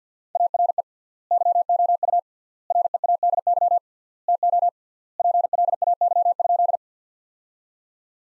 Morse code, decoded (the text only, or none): ARE YOU READY TO PLAY?